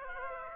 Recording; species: mosquito wingbeat signal from an infrared sensor; Aedes aegypti